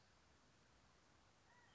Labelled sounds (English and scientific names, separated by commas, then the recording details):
California Quail (Callipepla californica)
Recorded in Sonoma County, California